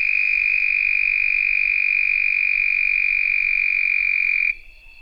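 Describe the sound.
Red-spotted toad giving a sustained high-pitched buzzing trill for about four and a half seconds, then stopping abruptly.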